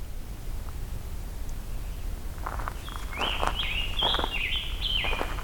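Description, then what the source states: Scarlet Tanager song: a run of hoarse, burry phrases in quick succession, with some rustling and footsteps over steady low background noise. Singing near the end of a road; song sounds like a robin's but with a sore-throat quality, more dissonant.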